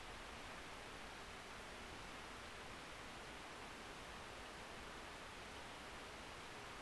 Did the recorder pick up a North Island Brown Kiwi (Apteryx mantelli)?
no